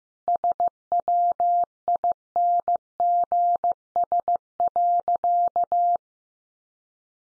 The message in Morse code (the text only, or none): SWINGS.